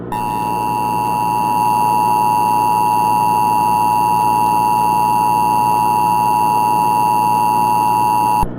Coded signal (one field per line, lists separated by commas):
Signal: Emergency Alert System (SAME) tones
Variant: 853 and 960 Hz attention tone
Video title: EAS Scenario - The Street Lights (2007) Remastered